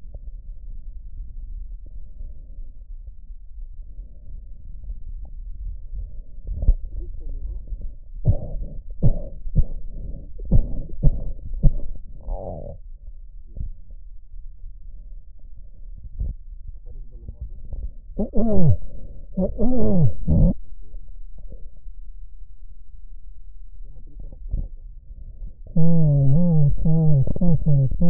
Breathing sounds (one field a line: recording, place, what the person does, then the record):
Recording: lung sounds by stethoscope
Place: right posterior apical chest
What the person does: quiet breathing, then cough and speech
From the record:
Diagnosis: COPD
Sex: male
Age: 75 years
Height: 182 cm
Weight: 98 kg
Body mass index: 29.6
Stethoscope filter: extended mode